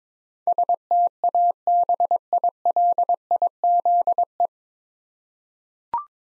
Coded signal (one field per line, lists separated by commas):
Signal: Morse code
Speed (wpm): 22 wpm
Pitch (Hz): 700 Hz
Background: none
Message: STABILIZE